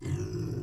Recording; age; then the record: pig call; weaner (32 to 43 days)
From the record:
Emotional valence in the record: negative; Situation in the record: negative conditioning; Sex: female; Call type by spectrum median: low-frequency call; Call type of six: low-frequency stable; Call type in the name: low-frequency stable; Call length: 0.63 s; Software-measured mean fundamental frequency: 51 Hz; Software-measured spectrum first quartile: 119 Hz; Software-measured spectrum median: 215 Hz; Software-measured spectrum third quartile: 488 Hz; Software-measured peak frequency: 124 Hz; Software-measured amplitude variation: 161 dB a second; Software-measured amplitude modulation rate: 33.2 a second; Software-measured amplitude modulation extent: 4.9 dB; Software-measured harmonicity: 3.9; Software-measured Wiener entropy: -0.35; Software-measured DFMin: 595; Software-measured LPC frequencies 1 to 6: 297, 1850, 2626, 5119, 5909, 7528 Hz